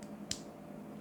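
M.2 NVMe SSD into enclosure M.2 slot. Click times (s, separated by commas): 0.3 s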